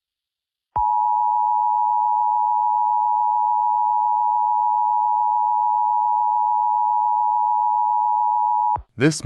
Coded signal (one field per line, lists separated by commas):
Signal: Emergency Alert System (SAME) tones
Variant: 853 and 960 Hz attention tone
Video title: A EAS scenario- The Outbreak